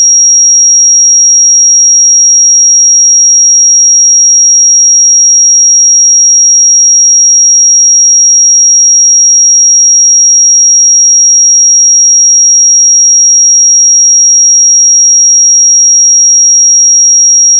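A pure 5644 Hz sine tone holds perfectly steady and bright for the whole clip, thin and piercing, with nothing else in the background.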